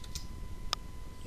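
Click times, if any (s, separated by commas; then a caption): 0.7 s. A section of 3-inch metal gas vent pipe for a water heater is pushed into the adjoining vent pipe section and seats. A softer tap comes at 0.2 s, then a sharp, bright metallic click at 0.7 s as the sections lock together. A faint steady hum runs underneath.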